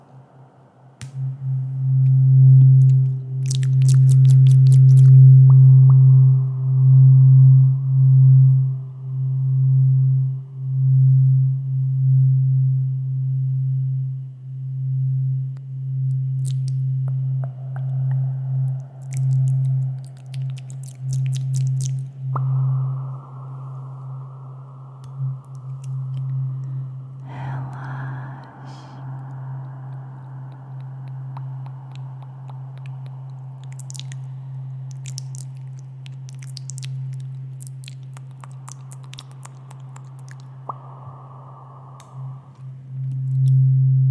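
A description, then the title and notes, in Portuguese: Intense ASMR mouth sounds with tuning fork: a steady low hum pulsing throughout, with wet clicks and brighter ringing tones entering after twenty seconds. ASMR intenso com sons de boca e diapasão, um instrumento utilizado em testes medicinais que emitem frequências utilizadas como terapia alternativa para muitas situações.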